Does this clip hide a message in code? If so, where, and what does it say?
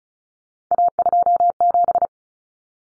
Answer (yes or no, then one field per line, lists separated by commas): yes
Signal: Morse code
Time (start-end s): 0.7-2.1 s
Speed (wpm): 34 wpm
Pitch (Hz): 700 Hz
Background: none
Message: A27